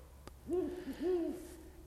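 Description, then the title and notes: Ural owl giving two deep hoots in quick succession. "Viikon luontoääni: Viirupöllö. Juha Laaksonen. Seppo Nykänen"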